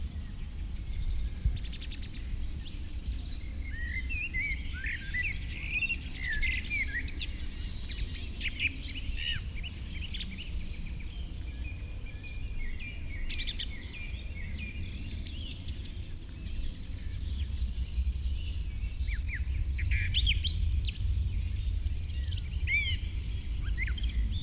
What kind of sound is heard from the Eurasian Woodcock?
call